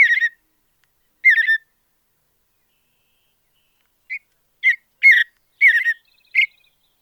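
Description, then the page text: Mountain bluebird song: two slurred, husky notes a second apart, a long silence, then a quicker run of five warbles. "Andrew Spencer - Голубая сиалия (Sialia currucoides)"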